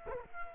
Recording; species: mosquito wingbeat signal from an infrared sensor; Culex quinquefasciatus